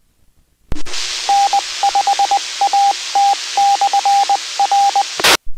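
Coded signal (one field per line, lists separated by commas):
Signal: Morse code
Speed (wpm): 20 wpm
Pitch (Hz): 800 Hz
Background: radio noise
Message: N5AT/R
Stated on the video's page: Central Arkansas amateur repeaters 146.940, 443.200 and 146.775 MHz monitored for Skywarn severe weather nets.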